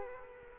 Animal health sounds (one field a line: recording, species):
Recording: mosquito wingbeat signal from an infrared sensor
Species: Culex quinquefasciatus